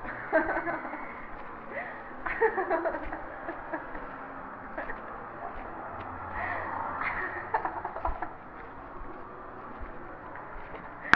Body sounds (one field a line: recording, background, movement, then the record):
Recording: laughter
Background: traffic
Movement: walking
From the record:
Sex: female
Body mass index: 18.3 kg/m2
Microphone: on the chest, facing the body